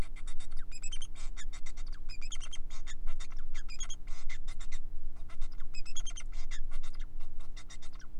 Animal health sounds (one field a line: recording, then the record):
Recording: song of a male Bengalese finch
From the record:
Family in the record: son of father 4